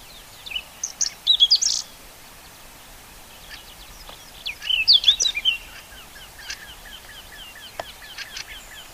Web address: Saxicola rubetra